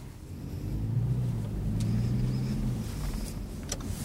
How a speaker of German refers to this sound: Der Bus? Ja. Soll normalerweise vorbeifahren. Das ist ein 52er, der Bus, das ist nicht der 62er.